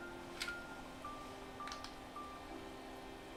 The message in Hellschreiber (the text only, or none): none